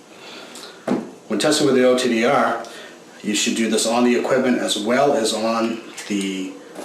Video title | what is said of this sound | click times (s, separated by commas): AFL One-Click Ferrule Cleaner - Available from Fiber Optic Center | to the connector on the inside of the unit just by simply pressing until you hear the click | 0.9 s